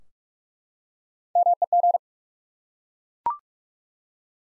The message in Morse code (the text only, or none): MEG